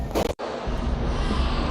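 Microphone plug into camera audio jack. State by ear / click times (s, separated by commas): not seated / none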